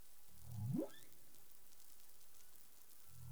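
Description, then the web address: Humpback whale call: a single low moan sweeping steeply upward, with the next one just beginning at the end, over steady underwater background noise. 20 April 2021 at 04:14 UTC. "CARIMAM. humpback whale"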